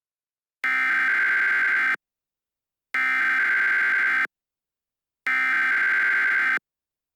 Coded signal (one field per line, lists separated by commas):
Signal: Emergency Alert System (SAME) tones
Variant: header bursts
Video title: EAS Scenario #1: Containment Breach